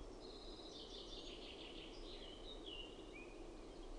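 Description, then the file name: Yellowhammer song: a fast series of high, slightly buzzy repeated notes, followed by longer drawn-out tones that slide downward, against constant low background rumble. "KELTASIRKKU"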